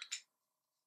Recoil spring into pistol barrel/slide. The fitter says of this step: put it down so it's locks into place there on the barrel and